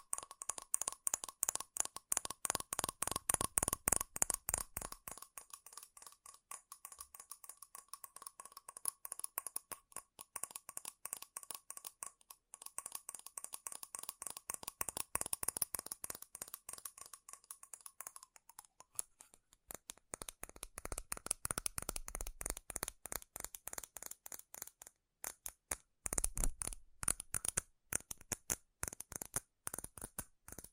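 Fast, furious tapping on metal, a rapid stream of sharp, bright clicks with a ringing tone under them. The pace runs very dense and regular, thins and softens between about five and eighteen seconds, then turns loud, choppy and irregular in bursts toward the end.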